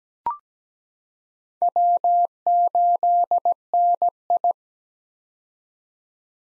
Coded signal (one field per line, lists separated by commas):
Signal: Morse code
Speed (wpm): 17 wpm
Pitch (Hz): 700 Hz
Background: none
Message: W8NI